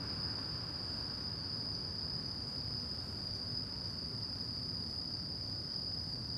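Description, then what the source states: Crickets calling in a steady, unbroken high-pitched trill throughout, with a faint upper overtone, over a low rumble of traffic. Crickets calling at night in Shinjuku Gyoen Park, Shinjuku, Tokyo, Japan; recorded with DPA 4060 AB microphones into a Deity PR-2.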